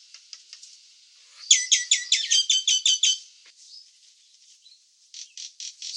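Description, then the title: Nias hill myna: a few faint notes, then a run of loud, harsh calls, then quieter scattered notes. "burung jalak nias"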